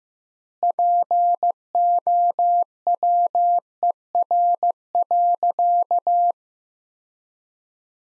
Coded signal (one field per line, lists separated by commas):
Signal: Morse code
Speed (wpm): 15 wpm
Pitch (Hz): 700 Hz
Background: none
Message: POWER.